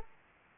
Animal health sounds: mosquito wingbeat signal from an infrared sensor; Aedes aegypti

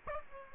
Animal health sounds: mosquito wingbeat signal from an infrared sensor; Aedes aegypti

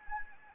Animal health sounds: mosquito wingbeat signal from an infrared sensor; Anopheles gambiae

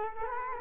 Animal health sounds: mosquito wingbeat signal from an infrared sensor; Culex quinquefasciatus

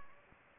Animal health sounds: mosquito wingbeat signal from an infrared sensor; Anopheles gambiae

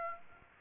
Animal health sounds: mosquito wingbeat signal from an infrared sensor; Aedes aegypti

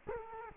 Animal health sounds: mosquito wingbeat signal from an infrared sensor; Culex quinquefasciatus

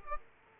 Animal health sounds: mosquito wingbeat signal from an infrared sensor; Aedes aegypti

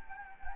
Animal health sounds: mosquito wingbeat signal from an infrared sensor; Anopheles gambiae

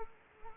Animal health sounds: mosquito wingbeat signal from an infrared sensor; Culex quinquefasciatus

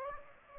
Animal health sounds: mosquito wingbeat signal from an infrared sensor; Aedes aegypti

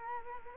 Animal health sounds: mosquito wingbeat signal from an infrared sensor; Culex quinquefasciatus

